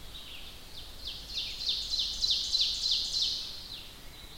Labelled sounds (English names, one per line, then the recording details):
Ovenbird song
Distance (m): 65 m
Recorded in boreal forest in Alberta, Canada, on 1 July 2016 at 05:58
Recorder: SongMeter 3, array SBT-6-79
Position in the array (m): 230 m, 38 m
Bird 39